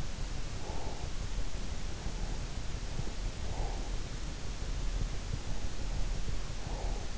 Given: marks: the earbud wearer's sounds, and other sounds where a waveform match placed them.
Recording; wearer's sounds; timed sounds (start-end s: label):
sounds in sleep by an in-ear microphone; breath
0.56-1.41 s: breath
3.16-4.27 s: breath
6.02-7.18 s: breath